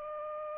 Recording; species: mosquito wingbeat signal from an infrared sensor; Aedes aegypti